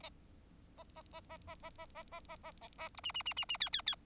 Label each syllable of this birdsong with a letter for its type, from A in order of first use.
A A A A A A A A A A A A A B C C C C C D D D